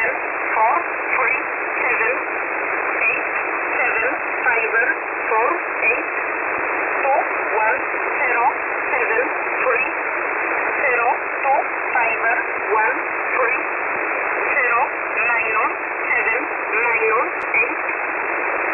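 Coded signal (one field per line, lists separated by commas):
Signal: numbers station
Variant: E11 Oblique, English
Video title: 21 05 2021 Number station E11 Oblique in English to Eu 0827 on 4909 unknown tx site in USB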